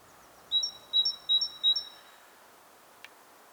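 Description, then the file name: Great tit sings four quick two-note pairs, then stops; a single short click follows later amid faint background noise. "Parus major"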